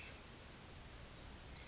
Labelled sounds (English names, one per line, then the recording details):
Chestnut-backed Chickadee
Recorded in Sonoma County, California